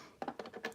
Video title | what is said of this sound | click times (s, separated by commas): New Bead Inventory, Latest Project, @Resiners_Official Products, and LIFE: Thursday Hangout | But if you hear a click, then listen. It stays in. | 0.2 s, 0.6 s